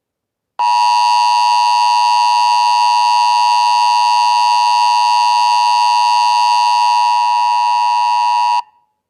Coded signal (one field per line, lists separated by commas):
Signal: Emergency Alert System (SAME) tones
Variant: 853 and 960 Hz attention tone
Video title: Marian Special Statement | Mini EAS Scenario